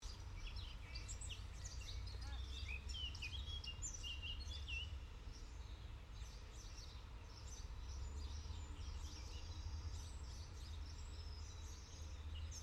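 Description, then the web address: Birds singing and chirping in a busy chorus of high, varied twitters and trills, over a steady low rumble of traffic throughout. Early morning in a city park in Paris, France, with distant traffic. "Europe France Paris City Park Early Morning Birds Distant Traffic"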